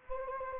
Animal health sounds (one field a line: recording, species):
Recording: mosquito wingbeat signal from an infrared sensor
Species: Anopheles gambiae